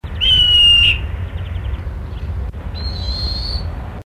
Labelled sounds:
White-throated Laughingthrush (Garrulax albogularis) call
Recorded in captivity
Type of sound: call
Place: Zoo Duisburg, Nordrhein-Westfalen, DE
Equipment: Halbspur, 9,5 cm/s
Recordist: Lütgens, Hans
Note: Rufe

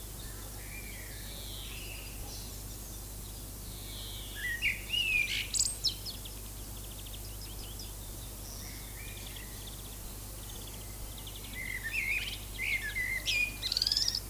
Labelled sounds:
Common Blackbird (Turdus merula) song
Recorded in the wild
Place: Lübars, Benekendorffstraße, Berlin, DE
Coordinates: 52.6167, 13.3469
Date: 2004-05-01 12:31
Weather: sunny, 21°C
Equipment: Fair Mate ST-1328 (Asahi Electronics, Japan), Sennheiser ME 80, Kopie Uher 4000 Report Monitor
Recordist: Tembrock, Günter

